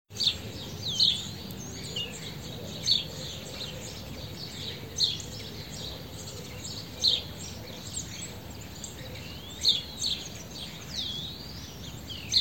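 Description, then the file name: House sparrow chirping in short, sharp notes repeated every one to three seconds, over a steady low rumble of background noise. "Passer domesticus"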